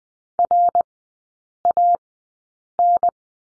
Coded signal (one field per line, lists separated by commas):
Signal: Morse code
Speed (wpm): 20 wpm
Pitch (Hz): 700 Hz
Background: none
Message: RAN